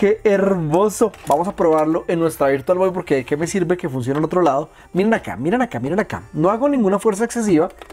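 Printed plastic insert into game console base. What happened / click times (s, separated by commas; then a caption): Handled, not yet home: plastic part being pressed in / none. A 3D-printed plastic insert is handled and pushed without excessive force toward the base of a Virtual Boy game console while someone talks throughout. No distinct impacts stand out over the voice, and nothing has seated or clicked yet.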